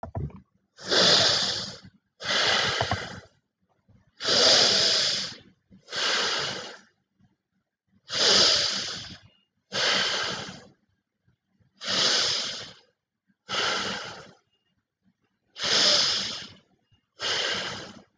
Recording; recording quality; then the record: deep breathing; excellent, no background noise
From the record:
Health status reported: COVID-19 positive, mild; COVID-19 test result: positive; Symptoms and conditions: cough, fatigue, muscle pain, loss of smell and taste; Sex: male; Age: 27 years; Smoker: not ticked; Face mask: not worn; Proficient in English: yes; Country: India